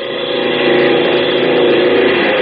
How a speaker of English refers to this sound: Plane number 4, taking off for tactical maneuvers.